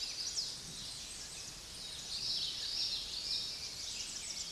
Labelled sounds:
Common Yellowthroat (Geothlypis trichas) song
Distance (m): 25 m
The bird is about 5 m below the microphone
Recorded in a Pennsylvania forest on 16 May 2024 at 09:03
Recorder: AudioMoth, point MSD-0407
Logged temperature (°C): 15.8 °C
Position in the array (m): 56 m, 154 m

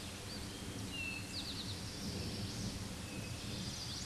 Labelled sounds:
Eastern Towhee (Pipilo erythrophthalmus) song
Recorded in a Pennsylvania forest on 16 May 2024 at 09:47
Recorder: AudioMoth, point MSD-1849
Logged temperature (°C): 12.1 °C
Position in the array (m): 3 m, 44 m

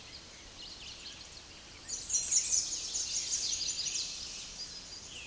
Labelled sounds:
American Redstart (Setophaga ruticilla) song
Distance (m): 10 m
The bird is about 10 m above the microphone
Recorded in a Pennsylvania forest on 16 May 2024 at 06:56
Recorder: AudioMoth, point MSD-2112
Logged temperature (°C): 16.3 °C
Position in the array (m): 49 m, 223 m

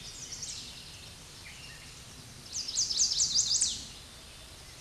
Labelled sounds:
Chestnut-sided Warbler (Setophaga pensylvanica) song
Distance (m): 5 m
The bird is about level with the microphone
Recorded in a Pennsylvania forest on 16 May 2024 at 06:53
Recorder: AudioMoth, point MSD-0475
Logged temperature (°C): 12.3 °C
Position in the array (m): 150 m, -1 m

